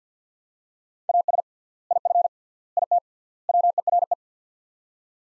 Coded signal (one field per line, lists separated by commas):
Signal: Morse code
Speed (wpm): 47 wpm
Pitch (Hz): 700 Hz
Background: none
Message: AS IF IT WERE